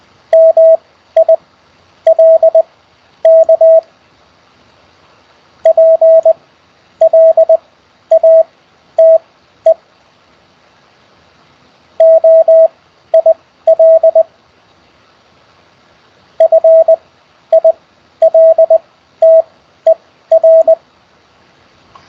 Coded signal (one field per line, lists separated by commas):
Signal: Morse code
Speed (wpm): 20 wpm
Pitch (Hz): 650 Hz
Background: radio noise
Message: MILK PLATE OIL FILTER